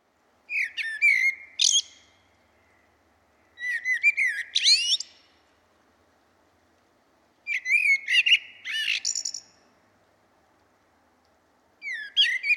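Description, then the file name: Common blackbird singing four phrases, the last cut off by the end: each is a low fluty warble followed by a squeaky high twitter, with pauses of about one and a half to two and a half seconds between them. "Turdus merula"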